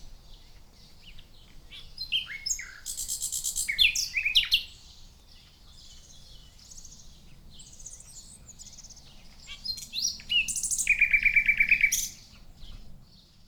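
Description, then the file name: Common nightingale song: varied chirps and whistles build to a loud, harsh buzzy burst, then quieter notes, and finally a quick series of repeated notes. "Luscinia megarhynchos"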